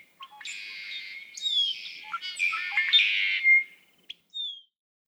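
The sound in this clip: Red-winged blackbird song built of several linked buzzy trills with clicky notes between, ending in a short downslurred whistle.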